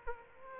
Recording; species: mosquito wingbeat signal from an infrared sensor; Aedes aegypti